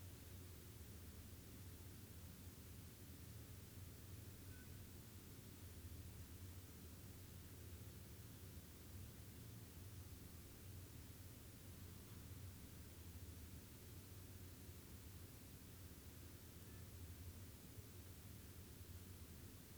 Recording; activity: daily activity, guitar pickup as the sensor; stand